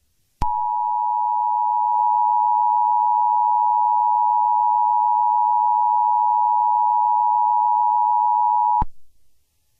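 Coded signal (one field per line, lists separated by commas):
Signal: Emergency Alert System (SAME) tones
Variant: 853 and 960 Hz attention tone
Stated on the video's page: Recordings of two real events: the Montana EAS equipment hack broadcasting a false zombie warning, and the Hawaii false missile alert.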